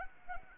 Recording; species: mosquito wingbeat signal from an infrared sensor; Anopheles arabiensis